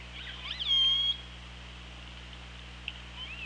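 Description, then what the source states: Killer whale call, one loud harmonic tone lasting about half a second that rises then holds steady, followed by faint clicks over a droning underwater background. Recorded on an OrcaLab hydrophone, 24 August 2017, at 17:06.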